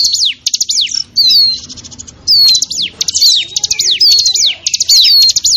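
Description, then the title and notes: Bar-winged prinia, quick trains of high clicking notes and descending whistled slurs, phrase after phrase with short silent gaps. Noisy small-bird (burcil) lure call used to attract wild birds. "Suara Pikat Burcil Ribut. Burung Liar. ciblek"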